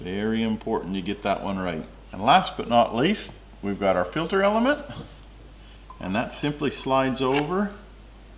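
A paper oil filter element for the diesel engine of a Landcruiser 200 Series (LC200) is handled and slid over its filter housing centre tube during an oil change, while someone talks throughout. The element has not yet been pushed down and has not clicked or seated into place by the end of the clip.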